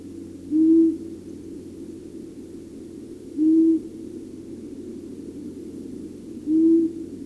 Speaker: Tämä ääntelijä oli sarvipöllö.